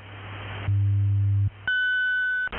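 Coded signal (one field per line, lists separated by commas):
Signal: radio time signal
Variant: WWV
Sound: static, a low hum, then a steady high tone for under a second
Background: radio static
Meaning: The long 1500 Hz tone marks the start of the hour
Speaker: at the tone, 16 hours, 0 minutes, Coordinated Universal Time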